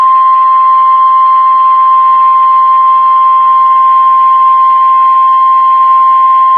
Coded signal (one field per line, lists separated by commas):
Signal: Emergency Alert System (SAME) tones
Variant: 1050 Hz attention tone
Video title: MULTIPLE DAY ALERTS 3 | EAS Alerts from 5/1/25 - 5/3/25